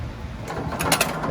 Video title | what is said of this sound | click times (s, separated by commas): 2020 Keystone Avalanche 366 MB | just push this all the way up you'll hear an audible click click | 0.8 s, 1.0 s